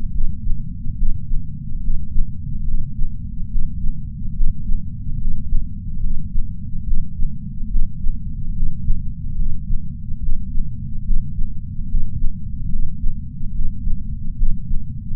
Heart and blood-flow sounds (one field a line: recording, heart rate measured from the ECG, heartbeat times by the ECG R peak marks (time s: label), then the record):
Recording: heart sounds by patch sensor on the chest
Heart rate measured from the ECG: 72 bpm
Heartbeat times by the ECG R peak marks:
0.11 s: heartbeat
0.96 s: heartbeat
1.81 s: heartbeat
2.65 s: heartbeat
3.49 s: heartbeat
4.34 s: heartbeat
5.18 s: heartbeat
6.01 s: heartbeat
6.84 s: heartbeat
7.69 s: heartbeat
8.54 s: heartbeat
9.37 s: heartbeat
10.20 s: heartbeat
11.04 s: heartbeat
11.88 s: heartbeat
12.70 s: heartbeat
13.52 s: heartbeat
14.36 s: heartbeat
From the record:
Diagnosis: coronary artery disease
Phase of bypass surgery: preoperative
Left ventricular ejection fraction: 60.7%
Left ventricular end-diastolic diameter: 49 mm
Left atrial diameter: 38 mm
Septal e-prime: 7.7 cm/s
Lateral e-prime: 8.9 cm/s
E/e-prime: 8.7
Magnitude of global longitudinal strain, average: 16.3%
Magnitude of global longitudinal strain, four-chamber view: 16.1%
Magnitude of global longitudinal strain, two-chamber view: 16.3%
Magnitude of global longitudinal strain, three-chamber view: 16.5%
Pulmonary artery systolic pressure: 21 mmHg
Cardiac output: 4.8 L/min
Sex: male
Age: 58 years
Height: 170 cm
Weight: 80 kg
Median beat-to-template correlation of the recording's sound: 0.88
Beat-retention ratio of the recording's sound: 1.00